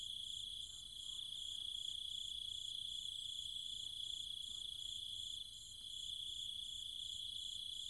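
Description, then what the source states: Cicada: a dense insect buzz from cicadas, continuous and high, layered with a quick repeated pulse above it. Cicadas with other insects, calling at night in trees and fields in countryside around Chiang Mai, Thailand.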